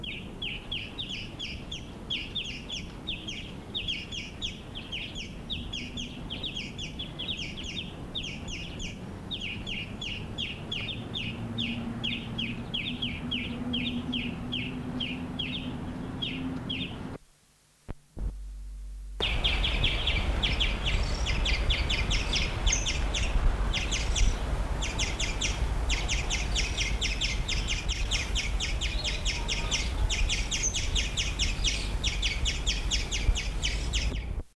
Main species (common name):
European Greenfinch